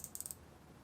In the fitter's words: And I'm going to use this little gauge block to measure, and you'll hear a little click, and